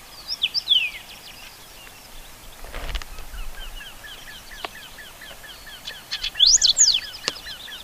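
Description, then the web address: Whinchat song: brief bursts of sharp, high swept whistles at the start and near six and a half seconds, with faint repeated chirping in between. "Saxicola rubetra"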